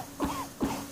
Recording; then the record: coughing mixed with background sound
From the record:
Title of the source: Spring Allergy Coughing